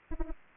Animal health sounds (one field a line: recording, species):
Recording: mosquito wingbeat signal from an infrared sensor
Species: Anopheles arabiensis